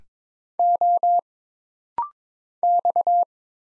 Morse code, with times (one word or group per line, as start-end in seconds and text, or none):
0.6-1.2 O
2.6-3.2 X